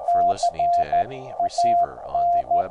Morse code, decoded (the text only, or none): CAN